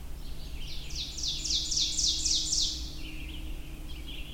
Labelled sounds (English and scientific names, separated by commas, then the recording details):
Ovenbird (Seiurus aurocapilla) song
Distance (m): 30 m
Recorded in boreal forest in Alberta, Canada, on 23 June 2016 at 05:17
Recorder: SongMeter 3, array SBT-6-76
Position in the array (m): 139 m, 99 m
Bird 3